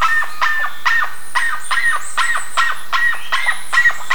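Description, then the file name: Bird calls, short harsh notes repeated between two and three times a second, with faint high squeaks above them. "SABIOD 50 bird 2015"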